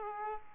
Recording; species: mosquito wingbeat signal from an infrared sensor; Aedes aegypti